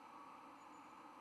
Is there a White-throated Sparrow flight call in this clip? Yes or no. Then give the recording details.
no. No flight call is heard. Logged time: 23:01 on 5 November 2014